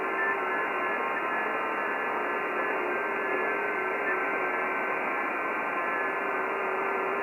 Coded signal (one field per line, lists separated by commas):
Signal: FT8